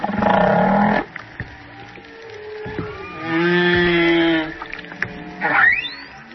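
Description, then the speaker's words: Humpback whale song: a buzzy harmonic groan, then a low drawn-out moan, ending in a sharp rising squeal. Humpback whale song from waters off Maui, recorded on a hydrophone dangling in the sea; water splashing audible. "Yeah, we have some humpback whale sounds, sing songs from Maui."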